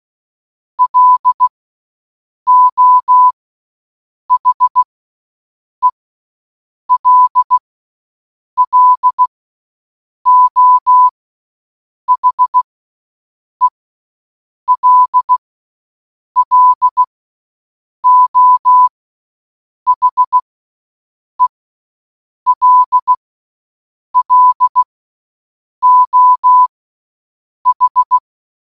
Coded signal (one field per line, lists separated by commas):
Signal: Morse code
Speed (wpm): 16 wpm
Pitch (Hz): 1000 Hz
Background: none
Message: LO HELLO HELLO HELLO H